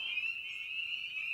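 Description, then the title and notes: Spring peepers in a continuous high-pitched whistling chorus, steady and shrill throughout. Evening at a frog pond. "Night of the Peepers. we return to the frog pond for a meditative evening. Spring Peeper (Pseudacris crucifer). Ian Carlsen"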